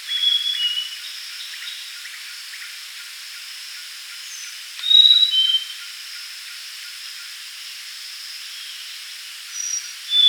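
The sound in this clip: Grey-chested jungle flycatcher song: brief high whistled phrases, a clear note followed by a lower shorter one, heard a few times over a steady insect hiss.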